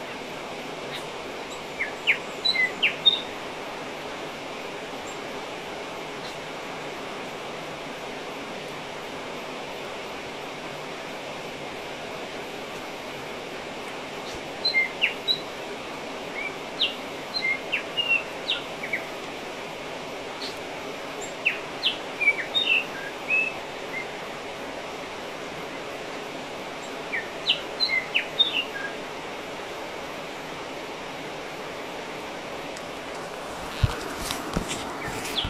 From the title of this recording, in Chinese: 西兰西海岸奥帕拉拉盆地 鸟儿的鸣叫